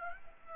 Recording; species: mosquito wingbeat signal from an infrared sensor; Aedes albopictus